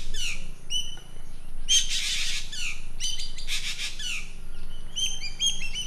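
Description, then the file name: Green magpie giving loud, grating screeches and harsh rasps between short falling whistled notes, with a steady low hum underneath. "suara burung ekek layongan atau cissa chinensis"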